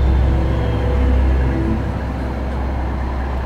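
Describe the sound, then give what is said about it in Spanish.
An approaching garbage truck's engine roars in a deep, heavy rumble, a thick low drone with a rough mechanical grind, loud throughout and growing in intensity and volume, with no voices. “Progresivamente, el desagradable bramido del camión de la basura fue creciendo en intensidad y volumen como prueba de su inminente proximidad.”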